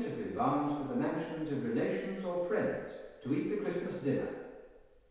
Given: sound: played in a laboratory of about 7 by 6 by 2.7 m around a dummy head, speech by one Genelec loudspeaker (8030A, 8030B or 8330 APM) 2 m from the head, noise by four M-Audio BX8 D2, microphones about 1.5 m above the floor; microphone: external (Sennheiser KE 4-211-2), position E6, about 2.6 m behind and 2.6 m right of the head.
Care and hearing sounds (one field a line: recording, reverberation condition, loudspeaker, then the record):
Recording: male speech in English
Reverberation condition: high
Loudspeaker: 30 degrees to the left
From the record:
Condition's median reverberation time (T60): about 1300 ms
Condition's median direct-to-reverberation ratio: about -4.0 dB